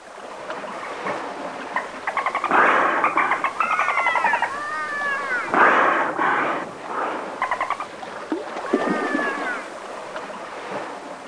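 Dolphin whistles, rising and falling swoops with harmonics, mixed with rapid buzzy pulse trains in several bursts throughout.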